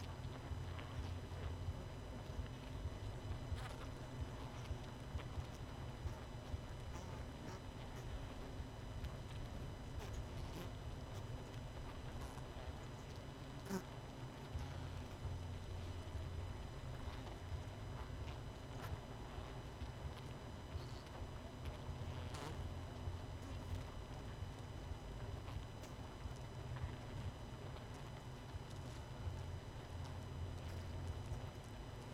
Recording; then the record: honeybee colony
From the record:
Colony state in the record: missing queen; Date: 31 May 2018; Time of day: 20:53